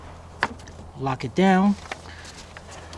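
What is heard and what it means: On a 1999 Ford Expedition 5.4 during a water pump replacement for leaking antifreeze, the clamp on the air intake duct is closed and locked down over the throttle body connection. It gives a sharp snap at 0.4 s as it seats, followed by someone talking over a steady low hum.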